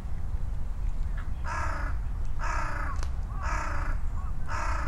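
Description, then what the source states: Crows cawing in four harsh, broad bursts over a steady low rumble of vehicles. Crows calling and responding to each other, Sunday at noon, Ichimiyake, Yasu City, Shiga Prefecture, Japan; vehicle rumble; Sony PCM-M10, omnidirectional mics on bicycle handlebar bag.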